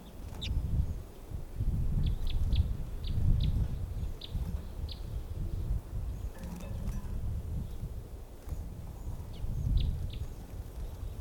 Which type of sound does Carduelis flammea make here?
call